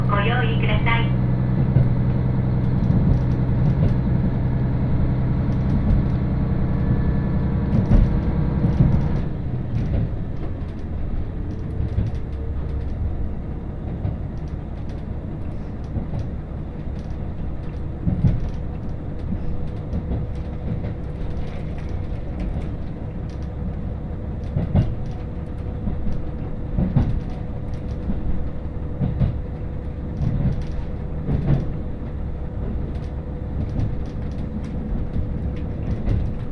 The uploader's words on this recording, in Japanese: 鉄道旅 函館本線砂原支線 森→鹿部。キハ40系の単行で。というわけでロングシートに座っていきます。